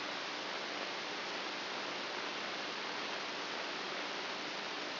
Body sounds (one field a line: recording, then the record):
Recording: brain microelectrode recording played as sound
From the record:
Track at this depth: inside the subthalamic nucleus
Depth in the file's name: 4.64 mm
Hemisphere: right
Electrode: 2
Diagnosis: Parkinson's disease